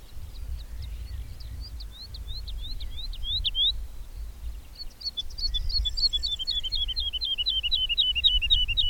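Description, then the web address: Bird song opening with a series of slurred whistles, then switching to a fast, even trill of repeated notes that grows louder. "madarak enek"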